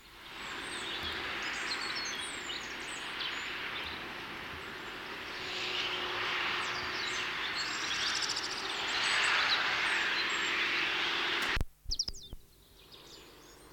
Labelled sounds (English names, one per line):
European Robin song